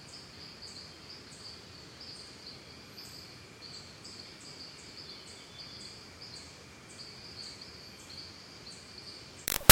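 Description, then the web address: Cicadas drone steadily at a high pitch with regular pulses repeating throughout, over a quiet hiss, ending in a sudden brief loud burst. Costa Rica, calm forest and jungle ambience. "Sound Effects-Big Room Sound Ciccadas Birds Costa Rica Calm"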